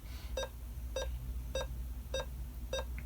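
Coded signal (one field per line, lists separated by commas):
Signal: none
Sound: video game sound effects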